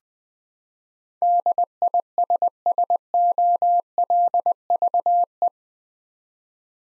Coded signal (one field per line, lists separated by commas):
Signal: Morse code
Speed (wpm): 20 wpm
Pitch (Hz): 700 Hz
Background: none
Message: DISSOLVE